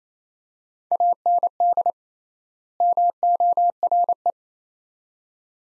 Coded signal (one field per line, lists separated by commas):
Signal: Morse code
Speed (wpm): 28 wpm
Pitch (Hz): 700 Hz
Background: none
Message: AND MORE